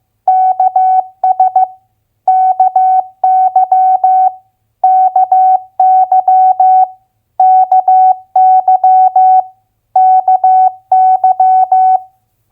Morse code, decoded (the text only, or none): KS KY KY KY KY